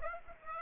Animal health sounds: mosquito wingbeat signal from an infrared sensor; Aedes aegypti

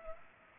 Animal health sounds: mosquito wingbeat signal from an infrared sensor; Culex pipiens

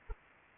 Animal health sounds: mosquito wingbeat signal from an infrared sensor; Anopheles arabiensis

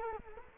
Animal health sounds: mosquito wingbeat signal from an infrared sensor; Culex quinquefasciatus

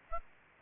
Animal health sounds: mosquito wingbeat signal from an infrared sensor; Aedes aegypti

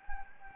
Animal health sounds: mosquito wingbeat signal from an infrared sensor; Anopheles gambiae

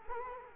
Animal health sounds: mosquito wingbeat signal from an infrared sensor; Culex quinquefasciatus

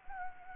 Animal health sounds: mosquito wingbeat signal from an infrared sensor; Anopheles gambiae

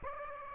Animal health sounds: mosquito wingbeat signal from an infrared sensor; Aedes aegypti

